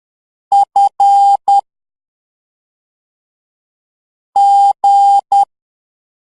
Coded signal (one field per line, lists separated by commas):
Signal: Morse code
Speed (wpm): 10 wpm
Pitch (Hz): 800 Hz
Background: none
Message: F G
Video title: #LEARN MORSE CODE #THALA AJITH #VIVEGAM